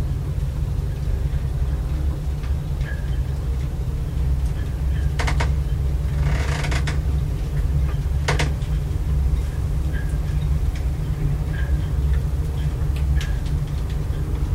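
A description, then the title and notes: A boat engine hums steadily inside a yacht cabin, a deep, constant drone that never lets up. Over it come small creaks and clicks, with sharper knocks near five and eight seconds and a brief rattle around six to seven seconds. Inside a Yacht Cabin: Boat Interior Sounds. The gentle sway of the boat and the hum of the engine create a peaceful atmosphere. The episode features only natural soundscapes with no dialogue or voice.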